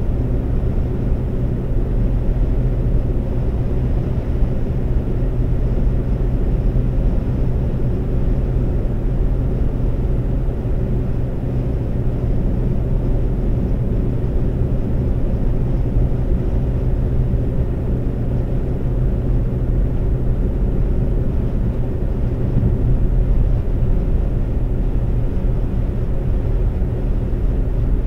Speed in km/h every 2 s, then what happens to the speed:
134, 134, 134, 134, 134, 134, 134, 134, 134, 134, 134, 134, 134, 134.
0-28 steady at about 134.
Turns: none.